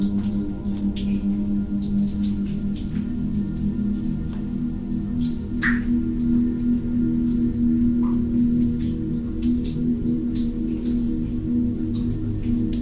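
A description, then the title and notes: Water drops tick and plink irregularly over a steady, humming low drone, with a couple of clearer, hollow drip tones near the middle. Relaxing Water Drops Sound Ambient Music.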